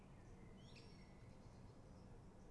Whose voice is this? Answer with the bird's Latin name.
Dendrocopos major